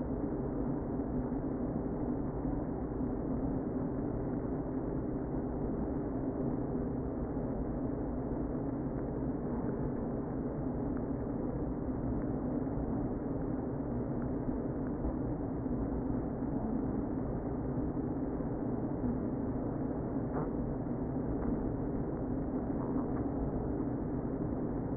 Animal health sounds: honeybee colony, microphone inside the hive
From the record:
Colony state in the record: queen present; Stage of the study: before two queens were removed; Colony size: about 60,000 bees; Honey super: yes

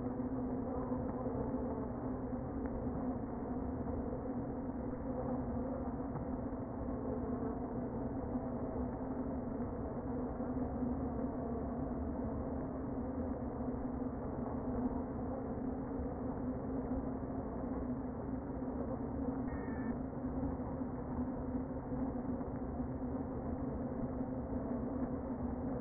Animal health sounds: honeybee colony, microphone inside the hive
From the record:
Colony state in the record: queen present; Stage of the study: before two queens were removed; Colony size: about 60,000 bees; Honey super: yes

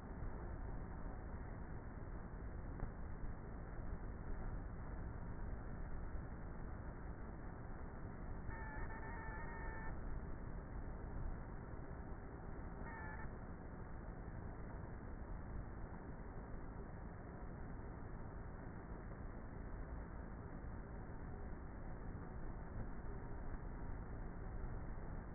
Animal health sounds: honeybee colony, microphone inside the hive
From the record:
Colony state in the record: queenless with a low population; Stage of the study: before two queens were removed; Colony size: about 30,000 bees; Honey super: no

